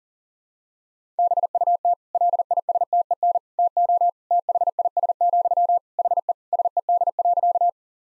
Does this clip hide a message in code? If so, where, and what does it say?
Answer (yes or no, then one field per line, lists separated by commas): yes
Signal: Morse code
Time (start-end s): 1.2-7.7 s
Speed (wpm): 40 wpm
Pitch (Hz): 700 Hz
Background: none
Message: BUT LISTEN TO THIS, HE SED.